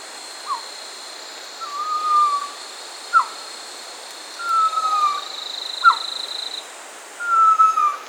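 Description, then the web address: Pavonine quetzal song: drawn-out, slightly falling whistles alternating with brief sharp notes, a few cycles, over a high-pitched hum. Recorded in South America. "Natures Songs S America Pavonine Quetzal"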